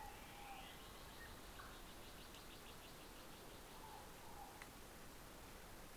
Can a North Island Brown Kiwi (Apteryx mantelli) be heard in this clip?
no